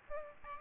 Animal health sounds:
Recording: mosquito wingbeat signal from an infrared sensor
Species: Aedes albopictus

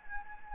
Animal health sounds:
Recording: mosquito wingbeat signal from an infrared sensor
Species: Anopheles gambiae

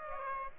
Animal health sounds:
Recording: mosquito wingbeat signal from an infrared sensor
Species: Aedes aegypti

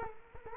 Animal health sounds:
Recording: mosquito wingbeat signal from an infrared sensor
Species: Culex quinquefasciatus

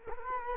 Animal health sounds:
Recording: mosquito wingbeat signal from an infrared sensor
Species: Culex quinquefasciatus

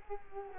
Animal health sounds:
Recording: mosquito wingbeat signal from an infrared sensor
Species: Culex quinquefasciatus

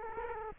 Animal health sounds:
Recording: mosquito wingbeat signal from an infrared sensor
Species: Culex quinquefasciatus

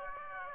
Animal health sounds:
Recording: mosquito wingbeat signal from an infrared sensor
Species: Aedes aegypti

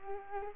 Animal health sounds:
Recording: mosquito wingbeat signal from an infrared sensor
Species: Culex quinquefasciatus

